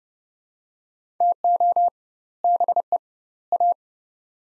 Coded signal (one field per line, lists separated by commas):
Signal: Morse code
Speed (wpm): 30 wpm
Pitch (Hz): 700 Hz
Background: none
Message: TO BE A